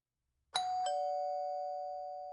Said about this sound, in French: Scorpius sursaute, sorti de sa lecture par la sonnette.